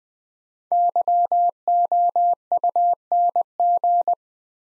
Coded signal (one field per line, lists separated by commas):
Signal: Morse code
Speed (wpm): 20 wpm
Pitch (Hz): 700 Hz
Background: none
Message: YOUNG